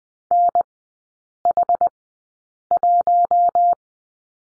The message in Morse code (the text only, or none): NH1